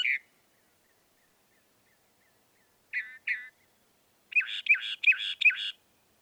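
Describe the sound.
Northern mockingbird singing varied phrases: a harsh note, a pause, two buzzy notes, then four quick repeated chirps, with silence between.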